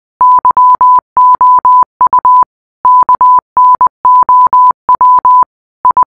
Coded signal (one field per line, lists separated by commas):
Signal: Morse code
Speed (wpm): 20 wpm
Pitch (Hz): 1000 Hz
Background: none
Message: YOU KNOW I